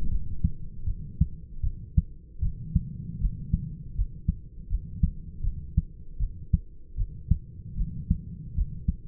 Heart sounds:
heart sounds by stethoscope; 78 bpm
0.10 s: heartbeat
0.85 s: heartbeat
1.62 s: heartbeat
2.41 s: heartbeat
3.20 s: heartbeat
3.95 s: heartbeat
4.69 s: heartbeat
5.42 s: heartbeat
6.19 s: heartbeat
6.96 s: heartbeat
7.76 s: heartbeat
8.55 s: heartbeat
From the record:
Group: healthy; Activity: light exercise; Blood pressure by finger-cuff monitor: 140/55 mmHg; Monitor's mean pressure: 78 mmHg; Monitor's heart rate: 79 bpm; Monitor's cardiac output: 8.8 L/min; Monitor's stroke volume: 113 mL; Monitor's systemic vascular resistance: 630 dyn s/cm5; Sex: male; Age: 25 years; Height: 170 cm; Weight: 70.4 kg

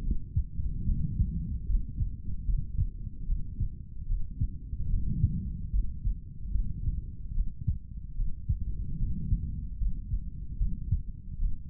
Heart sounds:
heart sounds by stethoscope; 74 bpm
0.02 s: heartbeat
0.85 s: heartbeat
1.66 s: heartbeat
2.46 s: heartbeat
3.25 s: heartbeat
4.07 s: heartbeat
4.89 s: heartbeat
5.71 s: heartbeat
6.52 s: heartbeat
7.33 s: heartbeat
8.15 s: heartbeat
8.97 s: heartbeat
9.78 s: heartbeat
10.58 s: heartbeat
11.38 s: heartbeat
From the record:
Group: healthy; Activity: cold pressor test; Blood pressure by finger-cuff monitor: 96/62 mmHg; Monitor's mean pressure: 74 mmHg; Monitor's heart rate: 73 bpm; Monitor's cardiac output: 3.7 L/min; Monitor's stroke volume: 51 mL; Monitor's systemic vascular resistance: 1410 dyn s/cm5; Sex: male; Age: 55 years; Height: 167 cm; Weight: 57.2 kg

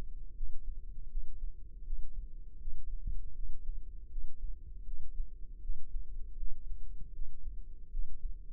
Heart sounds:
heart sounds by microphone in the left ear; 79 bpm
0.35 s: heartbeat
1.09 s: heartbeat
1.84 s: heartbeat
2.59 s: heartbeat
3.35 s: heartbeat
4.10 s: heartbeat
4.85 s: heartbeat
5.61 s: heartbeat
6.37 s: heartbeat
7.13 s: heartbeat
7.91 s: heartbeat
From the record:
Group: healthy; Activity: Valsalva maneuver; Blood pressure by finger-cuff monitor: 93/55 mmHg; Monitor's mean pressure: 69 mmHg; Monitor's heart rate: 80 bpm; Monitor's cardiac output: 7.2 L/min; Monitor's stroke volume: 90 mL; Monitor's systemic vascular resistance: 680 dyn s/cm5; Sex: female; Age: 22 years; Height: 161 cm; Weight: 65.5 kg

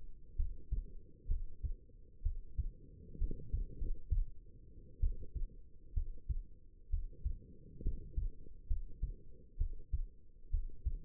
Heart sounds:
heart sounds by stethoscope; 65 bpm
0.36 s: heartbeat
1.27 s: heartbeat
2.22 s: heartbeat
3.17 s: heartbeat
3.77 s: heartbeat
5.00 s: heartbeat
5.93 s: heartbeat
6.89 s: heartbeat
7.82 s: heartbeat
8.67 s: heartbeat
9.57 s: heartbeat
10.50 s: heartbeat
From the record:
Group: healthy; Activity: rest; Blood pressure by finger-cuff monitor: 107/69 mmHg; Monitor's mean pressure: 79 mmHg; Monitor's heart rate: 66 bpm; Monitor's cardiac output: 5.4 L/min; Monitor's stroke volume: 82 mL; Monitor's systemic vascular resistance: 1060 dyn s/cm5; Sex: female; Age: 22 years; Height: 171 cm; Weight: 65.6 kg

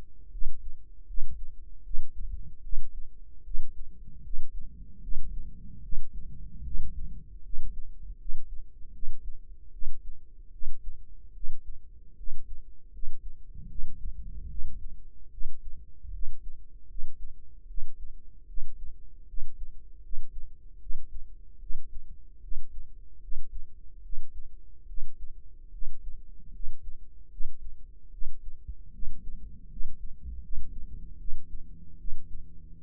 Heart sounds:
heart sounds by microphone in the right ear; 76 bpm
0.30 s: heartbeat
1.05 s: heartbeat
1.82 s: heartbeat
2.61 s: heartbeat
3.42 s: heartbeat
4.21 s: heartbeat
5.00 s: heartbeat
5.80 s: heartbeat
6.62 s: heartbeat
7.41 s: heartbeat
8.16 s: heartbeat
8.91 s: heartbeat
9.70 s: heartbeat
10.50 s: heartbeat
11.32 s: heartbeat
12.14 s: heartbeat
12.90 s: heartbeat
13.66 s: heartbeat
14.47 s: heartbeat
15.29 s: heartbeat
16.10 s: heartbeat
16.86 s: heartbeat
17.66 s: heartbeat
18.45 s: heartbeat
19.25 s: heartbeat
20.00 s: heartbeat
20.78 s: heartbeat
21.58 s: heartbeat
22.39 s: heartbeat
23.19 s: heartbeat
24.01 s: heartbeat
24.85 s: heartbeat
25.70 s: heartbeat
26.51 s: heartbeat
27.28 s: heartbeat
28.09 s: heartbeat
28.90 s: heartbeat
29.67 s: heartbeat
30.39 s: heartbeat
31.16 s: heartbeat
31.96 s: heartbeat
32.78 s: heartbeat
From the record:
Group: healthy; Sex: female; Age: 19 years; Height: 163 cm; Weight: 51 kg

